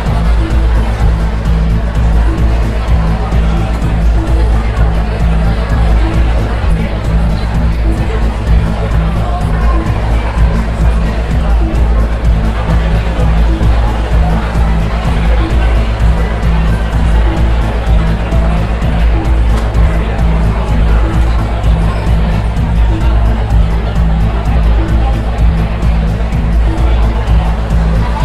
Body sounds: background sound without coughing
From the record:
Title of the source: Party Noise 1 Hour Party Ambience

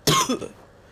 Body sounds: coughing mixed with background sound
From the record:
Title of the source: Wet coughing

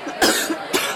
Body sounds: coughing mixed with background sound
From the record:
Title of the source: 64 coughing, allergies, singing lungs

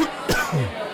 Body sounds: coughing mixed with background sound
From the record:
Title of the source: Coughing 51

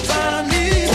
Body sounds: coughing mixed with background sound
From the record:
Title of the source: female coughing - coughing sound effects girl

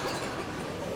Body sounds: coughing mixed with background sound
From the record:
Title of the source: 61 morning phlegmy cough...again

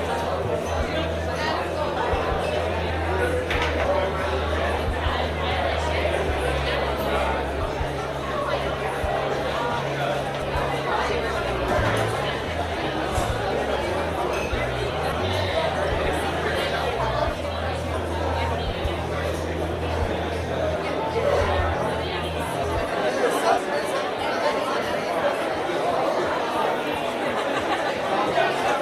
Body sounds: background sound without coughing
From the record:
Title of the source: CITY SOUNDS Busy Bar in the Evening Night - 2 HOURS of Ambiance for Relaxation

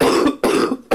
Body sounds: coughing mixed with background sound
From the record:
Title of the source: Coughing 77

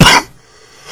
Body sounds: coughing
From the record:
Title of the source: Coughing 46

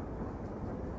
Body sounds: background sound without coughing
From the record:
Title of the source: Train Ride Ambience ambient white noise for sleeping, focus, studying, reading

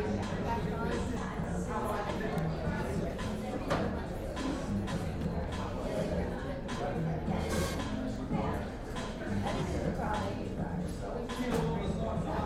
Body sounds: background sound without coughing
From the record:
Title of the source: 60 minutes of coffee shop sounds for study and concentration

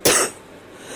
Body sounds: coughing mixed with background sound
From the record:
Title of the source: 34 coughing up crap again

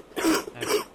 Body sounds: coughing mixed with background sound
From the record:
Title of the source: 31 night wet cough

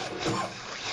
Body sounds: coughing mixed with background sound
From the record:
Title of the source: Cough Around the Clock!

